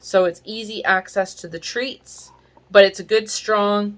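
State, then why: Not seated. Someone talks while handling the spring-hinged opening of a fabric dog treat pouch, which stays open on its own and can be clipped to a belt or leash. A short rustling noise is heard near 2.0–2.3 seconds between the words. The pouch has not snapped shut yet, and nothing has clicked or seated by the end of the clip.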